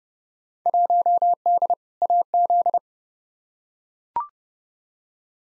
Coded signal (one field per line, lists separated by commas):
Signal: Morse code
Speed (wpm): 30 wpm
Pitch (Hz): 700 Hz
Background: none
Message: 1D AZ